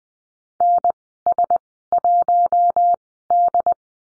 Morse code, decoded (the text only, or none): NS1D